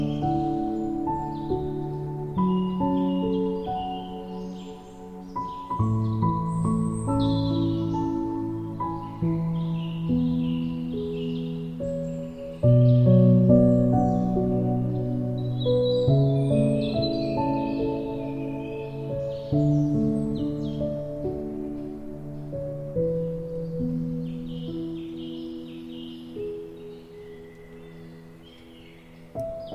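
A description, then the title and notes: Guitar music plays throughout, a steady run of plucked, low-to-mid notes with sustained tones, swelling louder around 6 and 13 seconds and easing off toward the end. Bright chirps of birds singing scatter above it across the whole stretch. Guitar Music with Birds Singing.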